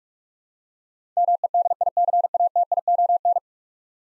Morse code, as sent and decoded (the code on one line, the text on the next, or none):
-- . -.. .. -.-. .- - .. --- -.
MEDICATION